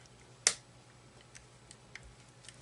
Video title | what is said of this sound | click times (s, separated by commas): ArmaLaser TR8 Grip-Touch Activated Green Laser Tabletop Review - Episode #202208 | and it snaps into place. | 0.5 s